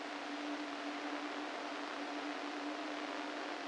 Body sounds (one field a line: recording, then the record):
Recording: brain microelectrode recording played as sound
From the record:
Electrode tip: inside the subthalamic nucleus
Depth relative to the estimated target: 2 mm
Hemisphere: right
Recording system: NeuroSet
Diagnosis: Parkinson's disease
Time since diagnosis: 13 years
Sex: male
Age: 49 years